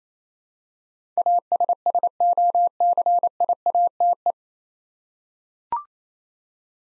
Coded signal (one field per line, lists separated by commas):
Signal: Morse code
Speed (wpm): 28 wpm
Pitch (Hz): 700 Hz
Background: none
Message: ASSOCIATE